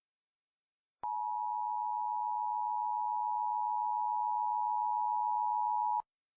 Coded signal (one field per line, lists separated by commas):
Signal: Emergency Alert System (SAME) tones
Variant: 853 and 960 Hz attention tone